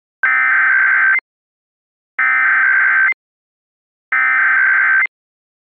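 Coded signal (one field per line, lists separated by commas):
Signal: Emergency Alert System (SAME) tones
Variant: header bursts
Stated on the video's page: Mock EAS Required Monthly Test for all of Texas, using valid EAS tones.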